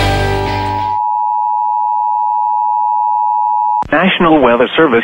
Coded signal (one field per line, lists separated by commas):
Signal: Emergency Alert System (SAME) tones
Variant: 853 and 960 Hz attention tone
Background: speech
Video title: A LONG OVERDUE COMPILATION: EAS Alerts From 5/13/24 EAS #708-723